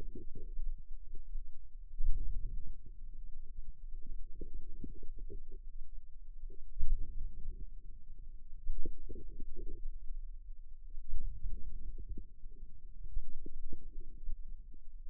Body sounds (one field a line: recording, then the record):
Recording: forearm muscle sounds (acoustic myography)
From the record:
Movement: outward rotation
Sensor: system 2, bracelet of six BSWA MPA416 microphones around the upper forearm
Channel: 1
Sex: female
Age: 22 years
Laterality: right